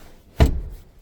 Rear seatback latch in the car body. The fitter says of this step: seats are not locked into place.